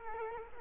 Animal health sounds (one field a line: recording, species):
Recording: mosquito wingbeat signal from an infrared sensor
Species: Culex quinquefasciatus